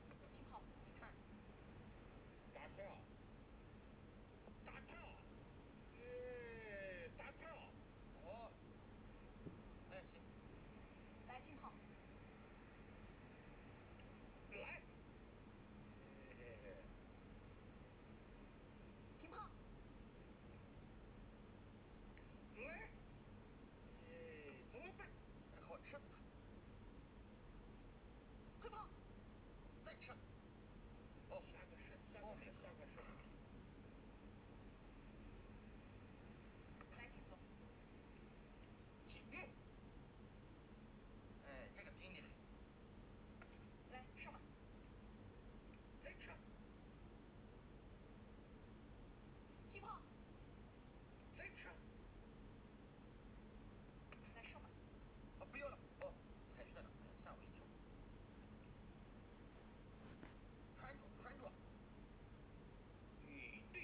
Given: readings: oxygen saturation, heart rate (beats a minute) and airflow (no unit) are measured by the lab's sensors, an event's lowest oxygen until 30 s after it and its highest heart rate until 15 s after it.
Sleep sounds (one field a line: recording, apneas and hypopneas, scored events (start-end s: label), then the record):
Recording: a person awake in a sleep study, by a voice recorder at the bedside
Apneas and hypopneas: none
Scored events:
0.00-63.84 s: awake
From the record:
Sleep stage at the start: awake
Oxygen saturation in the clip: 95 to 96%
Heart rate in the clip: 75 to 82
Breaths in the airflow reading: 17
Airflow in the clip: -5.4 to 6.1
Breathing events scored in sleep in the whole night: 131 in 7.2 hours asleep